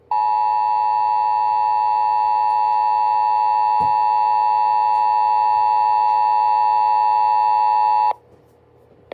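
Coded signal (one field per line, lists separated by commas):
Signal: Emergency Alert System (SAME) tones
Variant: 853 and 960 Hz attention tone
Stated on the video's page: Local Area Emergency alert, relayed as WEA, local alert and on weather radio.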